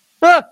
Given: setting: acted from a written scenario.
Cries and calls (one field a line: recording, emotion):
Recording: vocal sound without words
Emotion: negative surprise